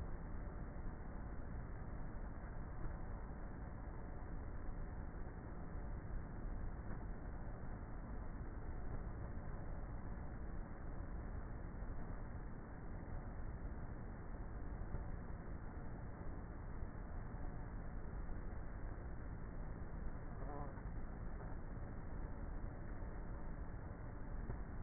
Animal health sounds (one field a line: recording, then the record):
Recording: honeybee colony, microphone inside the hive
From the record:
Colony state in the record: queenless with a low population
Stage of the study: before two queens were removed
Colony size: about 30,000 bees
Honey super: no